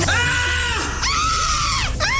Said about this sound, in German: Schrei vor Glück. Ja, da werden die Frauen schreien. Schrei vor Glück.